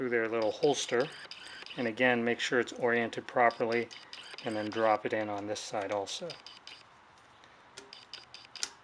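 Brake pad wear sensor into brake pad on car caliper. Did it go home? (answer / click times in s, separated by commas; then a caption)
yes / 8.6 s. Someone talks while a brake pad wear sensor on a Porsche 997 Carrera S is dropped into its holder on the brake pad on the caliper and pushed all the way down. After the talking stops, a few faint taps follow, and a sharp click at 8.6 s marks the sensor fully seated.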